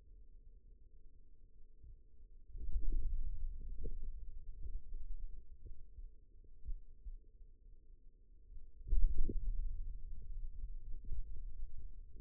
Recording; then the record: forearm muscle sounds (acoustic myography)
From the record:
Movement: hand opening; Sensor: system 2, bracelet of six BSWA MPA416 microphones around the upper forearm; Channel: 3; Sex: male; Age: 22 years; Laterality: right